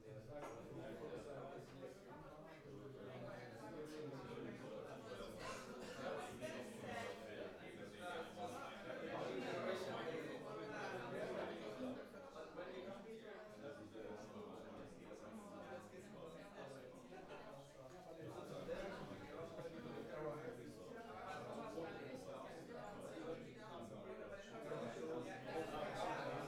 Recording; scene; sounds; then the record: everyday scene through a hearing-aid microphone; many people talking; many voices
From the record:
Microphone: behind the ear, right, front